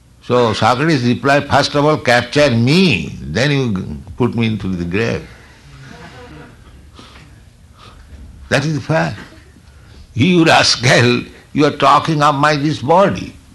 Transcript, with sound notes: So Socrates replied, "First of all capture me. Then you put me into the grave." [laughter] That is the fact. "You rascal, you are talking of my this body.